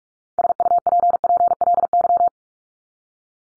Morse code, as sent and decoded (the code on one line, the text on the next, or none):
... ..- .--. .--. .-.. -.--
SUPPLY